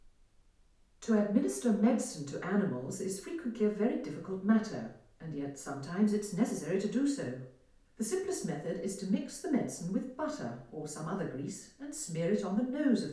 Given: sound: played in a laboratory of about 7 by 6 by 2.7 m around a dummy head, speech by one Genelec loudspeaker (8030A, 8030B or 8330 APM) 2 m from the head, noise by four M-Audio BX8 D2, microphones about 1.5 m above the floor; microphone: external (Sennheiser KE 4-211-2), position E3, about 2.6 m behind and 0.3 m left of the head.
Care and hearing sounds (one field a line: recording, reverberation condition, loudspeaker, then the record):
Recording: female speech in English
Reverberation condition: medium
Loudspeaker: 30 degrees to the left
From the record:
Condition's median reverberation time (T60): about 510 ms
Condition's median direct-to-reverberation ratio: about -0.5 dB